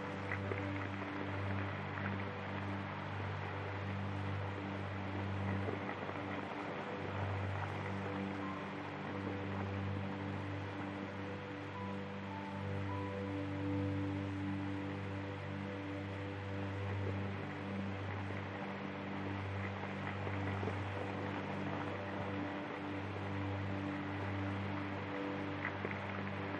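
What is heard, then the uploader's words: An atmospheric soundscape under a steady layer of vinyl crackle and hiss that stays constant throughout. Low sustained tones hum beneath, with soft melodic notes drifting in and repeating at an unhurried pace. Nothing abrupt interrupts the even, dense texture. Peaceful Soundscape with Vinyl Crackle Sounds. An atmospheric soundscape with 3 repeating piano loops. The sound of a crackling record player.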